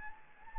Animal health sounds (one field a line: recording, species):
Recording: mosquito wingbeat signal from an infrared sensor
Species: Anopheles gambiae